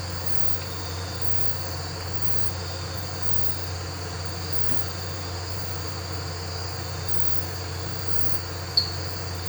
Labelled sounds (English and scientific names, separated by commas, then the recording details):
none
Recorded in pastures near Puerto Asís, Putumayo, Colombia, on 12 March 2025 at 03:00
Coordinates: 0.466, -76.322
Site CSA-02